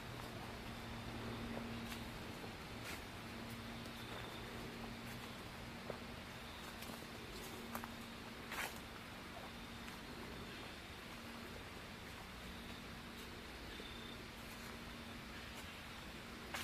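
A fall nature walkabout, heard as a steady, even hiss with a constant low hum beneath, like road traffic running without a break. Sharp crackles and snaps come at irregular moments throughout, the loudest at about eight and a half seconds.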